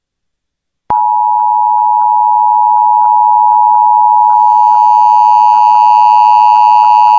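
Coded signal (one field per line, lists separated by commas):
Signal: Emergency Alert System (SAME) tones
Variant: 853 and 960 Hz attention tone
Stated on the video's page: National EAS test heard through an online radio stream from outside the US.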